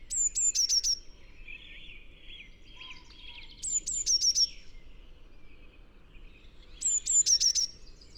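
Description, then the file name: Eurasian blue tit calls in three bursts of sharp high notes falling into rapid lower notes, amid scratchy chatter from other birds. "Cyanistes caeruleus"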